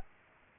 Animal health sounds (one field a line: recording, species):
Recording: mosquito wingbeat signal from an infrared sensor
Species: Culex pipiens